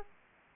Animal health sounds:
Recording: mosquito wingbeat signal from an infrared sensor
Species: Aedes aegypti

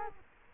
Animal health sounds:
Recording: mosquito wingbeat signal from an infrared sensor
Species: Culex quinquefasciatus

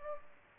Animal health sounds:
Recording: mosquito wingbeat signal from an infrared sensor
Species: Culex pipiens

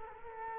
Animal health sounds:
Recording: mosquito wingbeat signal from an infrared sensor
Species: Culex quinquefasciatus

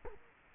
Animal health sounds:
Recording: mosquito wingbeat signal from an infrared sensor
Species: Culex quinquefasciatus

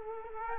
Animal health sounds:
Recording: mosquito wingbeat signal from an infrared sensor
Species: Culex quinquefasciatus

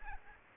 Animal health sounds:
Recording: mosquito wingbeat signal from an infrared sensor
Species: Aedes aegypti

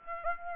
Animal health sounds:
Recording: mosquito wingbeat signal from an infrared sensor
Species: Aedes aegypti

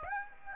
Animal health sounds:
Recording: mosquito wingbeat signal from an infrared sensor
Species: Aedes aegypti

